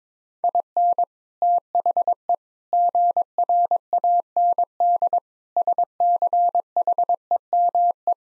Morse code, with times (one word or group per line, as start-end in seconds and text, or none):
0.4-1.0 IN
1.4-2.3 THE
2.7-5.2 GRAND
5.6-8.1 SCHEME